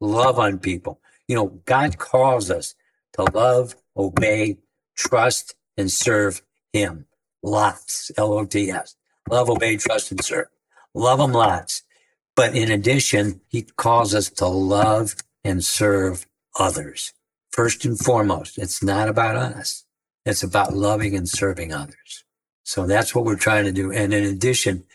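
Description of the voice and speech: A man speaks slowly in short phrases broken by frequent pauses, with a flat, low-pitched voice, nasal-sounding vowels and occasional creaky, drawn-out sounds. This is dysarthria from ALS, diagnosed about four years earlier, with the disease now affecting his voice and his body shutting down; he uses a wheelchair.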